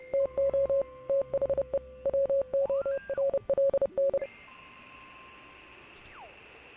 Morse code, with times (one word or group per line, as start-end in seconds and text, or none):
0.1-0.8 TO
1.1-1.8 THE
2.1-4.2 WORLN